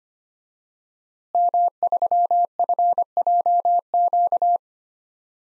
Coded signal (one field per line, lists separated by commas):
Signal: Morse code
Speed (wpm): 25 wpm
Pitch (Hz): 700 Hz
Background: none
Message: M3FJQ